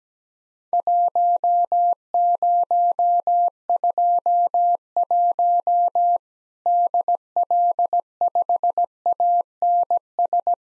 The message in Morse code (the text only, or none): 1021 DL5ANS